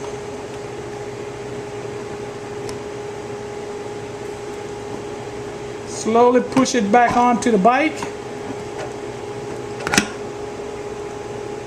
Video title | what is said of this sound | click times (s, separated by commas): Diagnosing a rear wheel Wobble on the XP Trike | Push it in where it makes a click noise so you know it's all the way in there to the axle. | 9.9 s, 10.0 s